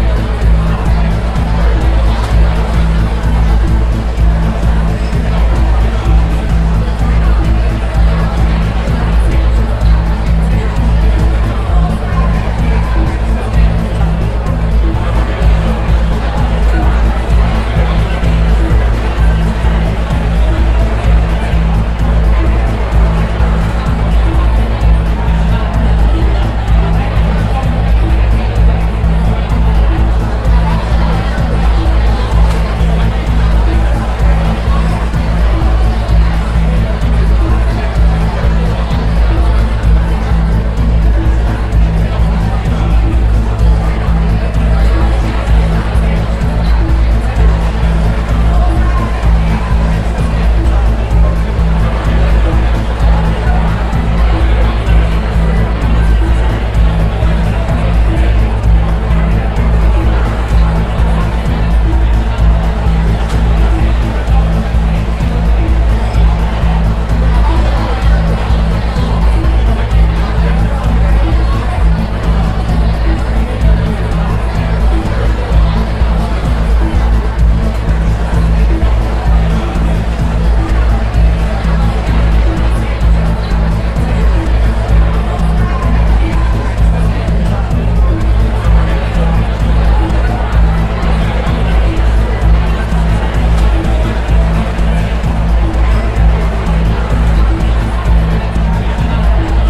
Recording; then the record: background sound without coughing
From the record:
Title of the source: Party Noise 1 Hour Party Ambience